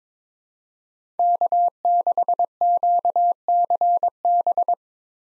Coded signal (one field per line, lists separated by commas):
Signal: Morse code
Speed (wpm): 22 wpm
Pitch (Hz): 700 Hz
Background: none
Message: K6QCB